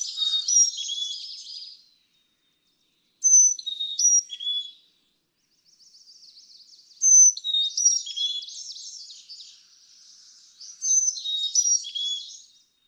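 Carolina chickadee singing thin whistled phrases that drop in pitch, accompanied by scratchy chattering notes, in a few bursts separated by brief silences.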